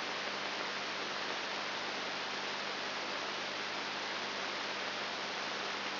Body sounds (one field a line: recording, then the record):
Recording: brain microelectrode recording played as sound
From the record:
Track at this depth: inside the subthalamic nucleus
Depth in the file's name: 3.701 mm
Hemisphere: left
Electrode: 3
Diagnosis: Parkinson's disease